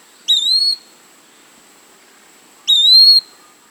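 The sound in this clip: Eastern wood-pewee song: two short, clear whistled notes, each sliding upward then levelling off, about two and a half seconds apart, with a faint steady high tone behind.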